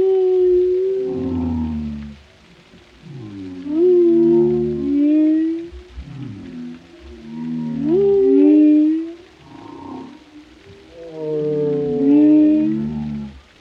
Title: Soothing Symphony of the Deep: Captivating Whale Sounds for Relaxation